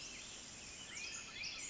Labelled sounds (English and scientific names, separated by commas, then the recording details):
Pacific Wren (Troglodytes pacificus)
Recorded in Sonoma County, California